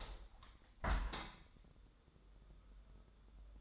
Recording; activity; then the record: daily activity, microphone in the room; open window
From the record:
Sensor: 3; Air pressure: 1014.9 hPa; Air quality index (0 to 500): 75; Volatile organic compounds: 2 ppm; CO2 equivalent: 1012 ppm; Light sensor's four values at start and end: 9/22/9/9 and 9/22/9/9